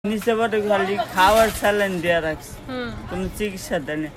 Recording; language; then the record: elicited speech; Bengali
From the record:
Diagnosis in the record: Broca's or global aphasia after a stroke